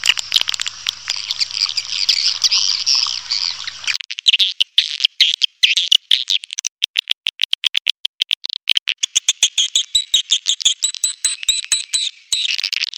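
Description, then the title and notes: Swiftlet calls, a shrill twittering chorus, then a long run of evenly spaced sharp clicks, before high chirping returns near the end. Swiftlet calls used as a lure sound in swiftlet bird farming, Asia. "Swiflet Bird Sound. Farming Swiflet Bird asia sound"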